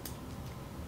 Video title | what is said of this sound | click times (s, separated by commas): FIVE of MY CURRENT FAVORITES (1 FAIL) ~ 2 STORIES - YES 2 !!~and A Cute Dress - OVER 70 🌷 | you can again you can hear it click this is perfect for every day | 0.1 s